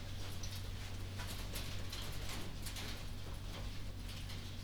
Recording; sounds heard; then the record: poultry house recording; no chicken sound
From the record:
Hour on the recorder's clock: 23